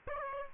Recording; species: mosquito wingbeat signal from an infrared sensor; Aedes aegypti